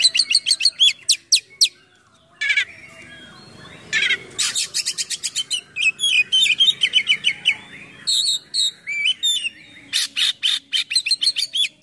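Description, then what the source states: Oriental magpie-robin delivering a long, rich medley of rapid chattering bursts, rattles, whistled slurs and sharp repeated notes, with quieter gaps early on. Bird in full song condition (gacor), with song packed with imitations of other birds (full isian).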